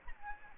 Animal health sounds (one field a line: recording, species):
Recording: mosquito wingbeat signal from an infrared sensor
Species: Aedes aegypti